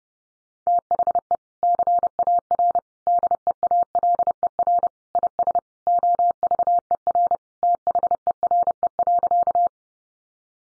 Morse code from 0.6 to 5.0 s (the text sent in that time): THE CAR DEALER